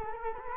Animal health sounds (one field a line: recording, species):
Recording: mosquito wingbeat signal from an infrared sensor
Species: Culex quinquefasciatus